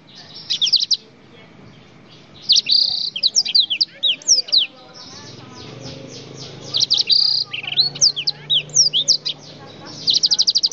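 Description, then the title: Oriental magpie-robin song: bursts of sweet whistled slurs and rapid chattering trills, separated by short pauses. "Kicau Kacer"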